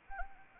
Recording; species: mosquito wingbeat signal from an infrared sensor; Anopheles arabiensis